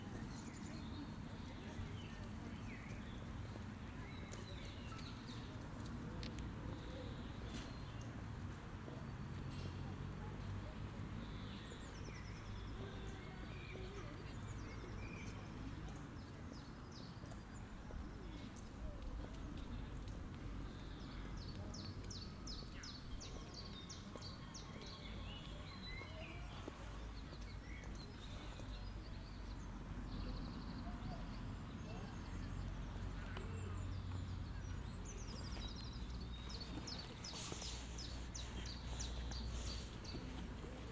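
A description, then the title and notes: A garden soundscape at the Von Siebold Memorial Garden in the Hortus Botanicus in Leiden, with a steady low rumble and murmur running throughout. Bird chirps and short calls come and go above it, clustering around the middle and near the end, with faint voices mixed in. The Von Siebold Memorial Garden in the Hortus Botanicus in Leiden.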